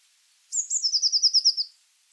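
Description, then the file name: Eurasian blue tit song: two thin high introductory notes, then a fast even trill of several bright notes, lasting just over a second. "Cyanistes caeruleus"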